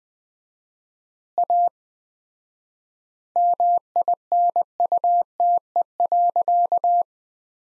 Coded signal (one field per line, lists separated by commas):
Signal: Morse code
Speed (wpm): 20 wpm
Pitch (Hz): 700 Hz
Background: none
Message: A MINUTE.